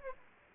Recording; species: mosquito wingbeat signal from an infrared sensor; Aedes aegypti